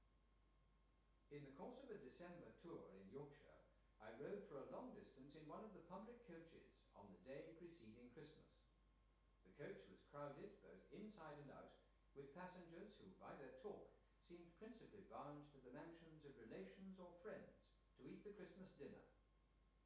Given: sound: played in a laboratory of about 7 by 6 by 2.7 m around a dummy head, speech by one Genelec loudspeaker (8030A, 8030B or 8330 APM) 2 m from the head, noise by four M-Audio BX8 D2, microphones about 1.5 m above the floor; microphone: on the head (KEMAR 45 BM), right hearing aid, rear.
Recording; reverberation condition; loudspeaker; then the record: male speech in English; medium; 90 degrees to the left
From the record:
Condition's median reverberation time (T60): about 510 ms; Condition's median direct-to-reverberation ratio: about -0.5 dB